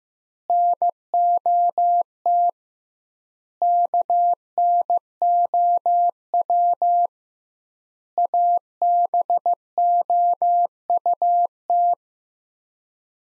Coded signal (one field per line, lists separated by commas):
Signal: Morse code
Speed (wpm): 15 wpm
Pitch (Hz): 700 Hz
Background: none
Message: NOT KNOW ABOUT